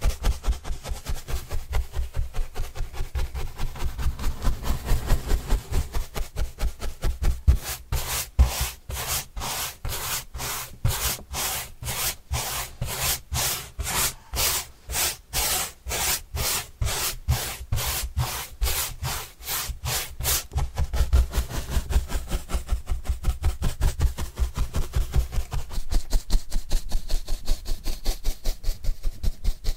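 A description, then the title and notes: Cardboard being brushed in quick, regular back-and-forth strokes that run steadily through the whole clip. From about 8 to 20 seconds the strokes turn brighter and crisper, each one a distinct scratchy swipe, then settle back into a duller rubbing with a low rumble underneath. ASMR Cardboard Brushing (No Talking).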